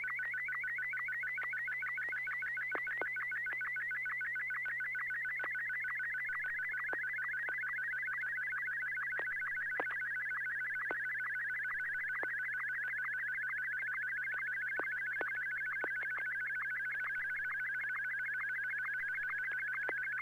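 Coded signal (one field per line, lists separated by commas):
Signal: SSTV (slow-scan television)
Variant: Martin 1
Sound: continuous warbling tone in fast regular steps, with rhythmic short sync blips and occasional clicks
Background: low mains hum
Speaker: i'll go ahead and transmit now stand by for martin one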